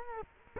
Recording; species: mosquito wingbeat signal from an infrared sensor; Culex quinquefasciatus